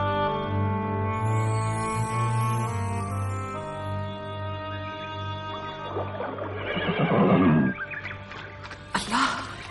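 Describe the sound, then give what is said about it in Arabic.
A dark-coated horse ridden by a prince lets out a loud, shuddering whinny over a steady, sustained musical drone, followed by a shorter snort-like burst near the end. “سمو الأمير على حصان الأسمر.”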